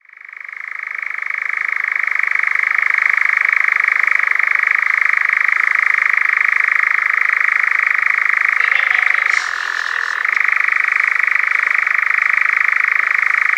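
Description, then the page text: European nightjar churring: a steady, rapid mechanical trill held for many seconds, briefly shifting to a lower pitch near the end before returning to the original tone. "European Nightjar Churring. Quick Sounds"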